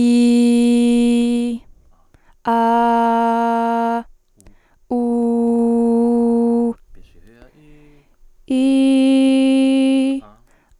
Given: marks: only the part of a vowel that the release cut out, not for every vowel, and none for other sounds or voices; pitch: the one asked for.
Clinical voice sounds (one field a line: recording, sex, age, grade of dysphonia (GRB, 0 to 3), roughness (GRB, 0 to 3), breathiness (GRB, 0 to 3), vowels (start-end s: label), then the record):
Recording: sustained vowels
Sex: female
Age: 20 to 29 years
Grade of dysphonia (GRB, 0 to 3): 0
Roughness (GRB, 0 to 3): 0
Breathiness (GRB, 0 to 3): 0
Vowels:
0.00-1.42 s: vowel /i/, normal pitch
2.51-3.94 s: vowel /a/, normal pitch
4.99-6.64 s: vowel /u/, normal pitch
8.55-10.05 s: vowel /i/, high pitch
From the record:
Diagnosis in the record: healthy voice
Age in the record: 20 years